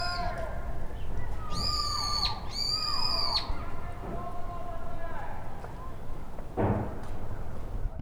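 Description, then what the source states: Bird whistles: two long, flat, high notes and a few lower sliding tones early on, then mostly quiet rumble with a brief rough sound near the end. Recorded with a Portacapture X6 recorder.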